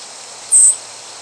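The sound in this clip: Swamp sparrow call: one thin, very high, steady note lasting about a quarter second, against a soft background hiss.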